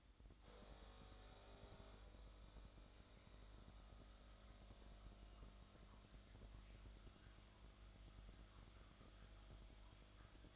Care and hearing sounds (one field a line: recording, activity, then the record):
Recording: daily activity, microphone in the room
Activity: make coffee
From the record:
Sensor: 3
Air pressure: 1007.3 hPa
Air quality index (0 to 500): 59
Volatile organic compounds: 1 ppm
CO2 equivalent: 606 ppm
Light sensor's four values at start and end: 8/18/7/8 and 8/18/7/8